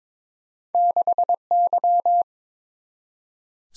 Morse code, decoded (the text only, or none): 6Y